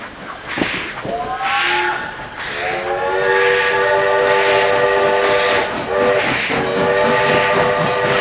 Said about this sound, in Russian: Поэтому, когда поршень двигается, колеса тоже приходят в движение, начинают вращаться, и паровоз начинает ехать по рельсам и вести за собой вагоны поезда.